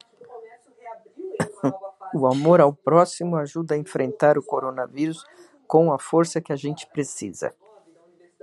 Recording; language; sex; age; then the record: spoken sentence; Brazilian Portuguese; female; 60 to 69 years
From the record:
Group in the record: control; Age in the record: 63 years